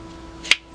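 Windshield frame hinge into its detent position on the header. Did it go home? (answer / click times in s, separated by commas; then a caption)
yes / 0.5 s. The upper windshield frame hinge fitting on a 1930–1931 Model A Ford, screwed into the header, is swung to horizontal and snaps into its detent position. A single sharp snap is heard at 0.5 s over a quiet background with a steady low hum, and the hinge is seated.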